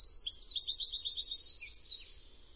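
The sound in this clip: Eurasian wren song fragment: a brief, very high rapid trill of repeated notes, ending with a few sharp notes.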